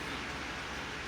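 A pushrod coated in assembly lube is being lowered toward the hydraulic lifter cup on the starboard side of a Mercruiser Gen 6 454 MPI marine V8 engine during rocker and pushrod installation. Only a steady broadband hiss is heard, with no distinct click or impact. Nothing has seated yet.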